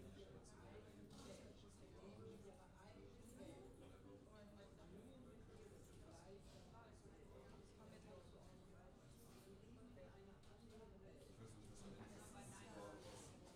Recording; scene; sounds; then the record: everyday scene through a hearing-aid microphone; many people talking; many voices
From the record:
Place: university cafeteria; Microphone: in the ear canal, left